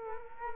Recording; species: mosquito wingbeat signal from an infrared sensor; Culex quinquefasciatus